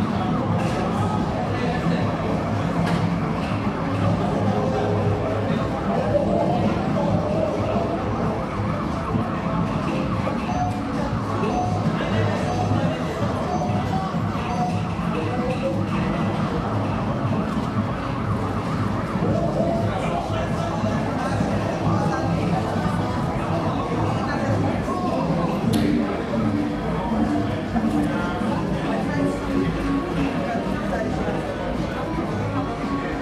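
A busy gaming arcade, filled with a dense, steady wash of overlapping voices and chatter. Machine tones and jingles layer over a low, constant rumble, with brief bright clicks and beeps popping up throughout, especially around 3 and 26 seconds.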